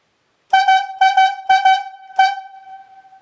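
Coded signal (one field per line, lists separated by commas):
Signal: whistle signal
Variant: yarder logging whistle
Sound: horn toots in three quick pairs, then one longer single toot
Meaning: First cable up: road has been changed and tail hold made fast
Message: 2-2-2-1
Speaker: first cable up, when road has been changed and tail hold made fast, is going to sound like this. 2, 2, 2, and 1.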